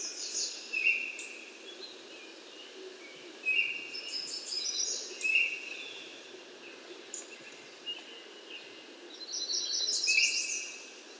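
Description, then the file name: American yellow warbler song: thin, rapid high phrases every few seconds, with repeated short lower notes and constant hiss behind. "American Yellow Warbler Setophaga aestiva"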